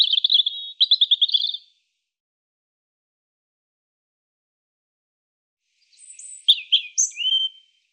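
European robin song, a burst of quick rattling trills, several seconds of silence, then a phrase of high whistles and sweet descending notes.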